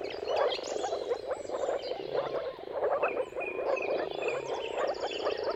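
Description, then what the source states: Moor frog mating chorus: dense, low bubbling calls from many frogs overlapping continuously, with faint bird whistles above. Chorus of many moor frogs giving mating calls at sunrise, turn of March and April, timing depending on weather.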